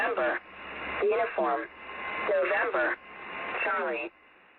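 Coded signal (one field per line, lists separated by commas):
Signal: numbers station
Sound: short spoken words through radio hiss, with a faint steady tone between them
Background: radio static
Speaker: a number station Pirates Was Heard on 6210 khz it began with buzzing tones before an automated female voice read these five figure groups of phonetics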